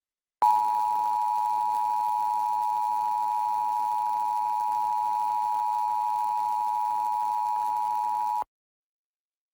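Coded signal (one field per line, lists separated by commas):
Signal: Emergency Alert System (SAME) tones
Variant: 853 and 960 Hz attention tone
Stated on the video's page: EAS tones from Pennsylvania's monthly required test.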